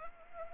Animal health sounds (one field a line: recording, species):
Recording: mosquito wingbeat signal from an infrared sensor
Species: Anopheles arabiensis